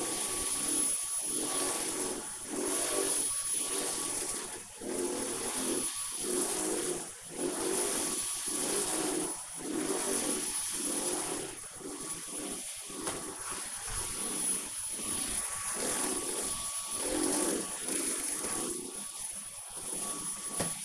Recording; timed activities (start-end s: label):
household activities, microphone on the right wrist
0.00-20.85 s: vacuum cleaning